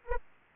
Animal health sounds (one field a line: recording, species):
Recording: mosquito wingbeat signal from an infrared sensor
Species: Anopheles arabiensis